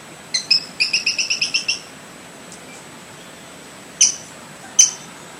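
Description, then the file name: Brown-breasted pygmy-tyrant giving one fast rattling series of roughly nine high notes, followed after a pause by two separate sharp, emphatic ticks. "canto do catraca"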